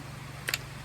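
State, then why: Seated. The underlever cocking arm of a spring air rifle is pulled down until it latches into its cocked position, where the anti-beartrap mechanism locks it in place. Two sharp metallic ticks, both at about 0.5 s, sound over a steady low hum, and the arm is seated and locked.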